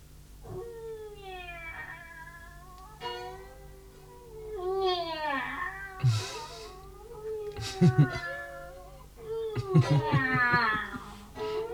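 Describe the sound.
A cat meows repeatedly in long, wavering, high-pitched cries that rise and fall, growing louder and more insistent toward the end with a few short, sharp yowls.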